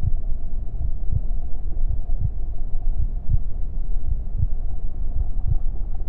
Heartbeat Sound | A Mother's Womb. The gentle thumping of my mother's heartbeat serves as the main focus, a steady rhythm that reverberates through the fluid-filled space.